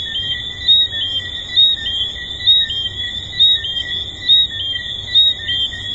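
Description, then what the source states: Tree frogs in chorus, bright chirps recurring about once a second, layered over a constant high-pitched hum. Tree frogs recorded at Hedonism II resort.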